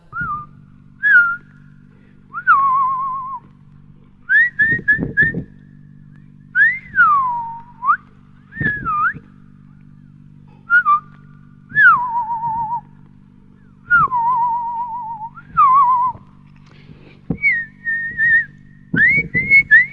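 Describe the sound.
A person whistles short, bird-like phrases, swooping downward and trilling, in repeated bursts with brief pauses, imitating birdsong over a steady low hum and occasional soft thumps, in a short experimental piece by Fluxus artist Robert Filliou titled 'Imitando el sonido de los pájaros'.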